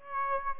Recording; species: mosquito wingbeat signal from an infrared sensor; Aedes aegypti